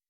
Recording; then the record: hydrophone in a shrimp aquaculture tank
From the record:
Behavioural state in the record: weakened